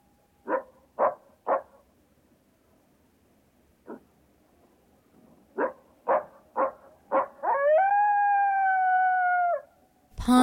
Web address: coyote